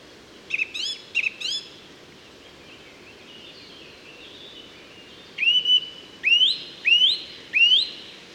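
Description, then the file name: Song thrush song: a chirpy phrase given twice, then a pause, then a clear rising whistle repeated several times in quick succession, over steady background hiss. Recorded 30 June 2013 at Moos, Deggendorf district, Germany. "Singdrossel 30 06 2013 Moos DEG Michle Peron"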